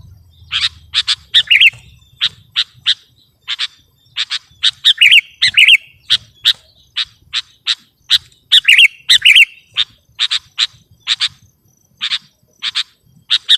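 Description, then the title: Sooty-headed bulbul song: sharp clipped notes repeated quickly, broken by short bubbly warbled phrases, with faint low rumbling underneath. "kutilang"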